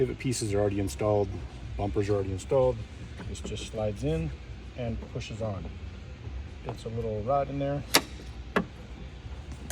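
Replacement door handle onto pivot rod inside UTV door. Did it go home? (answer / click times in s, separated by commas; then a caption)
no / none. Someone talks while a billet aluminium Xterior replacement door handle is slid in and pushed onto the small pivot rod inside a Polaris Xpedition side-by-side door, with the pivot pieces and bumpers already installed. Brief sharp knocks are heard near 7.9 s and 8.6 s. Nothing has seated or clicked yet; the handle is still being handled and is not yet home.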